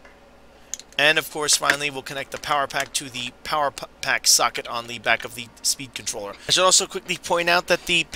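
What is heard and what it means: A track power wire plug for a Bachmann "The General" train set is pushed firmly into the plastic re-railer track section and snaps into position with a sharp click at 0.7 s; it takes some firm pressure to seat. Someone then talks for the rest of the clip.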